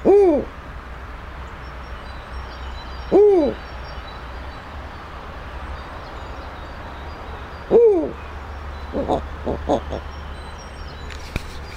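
Snowy owl hooting: three deep, arched hoots spaced several seconds apart over a steady low hum, then a short run of softer calls near the end.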